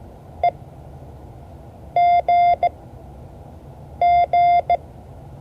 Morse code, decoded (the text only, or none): EGG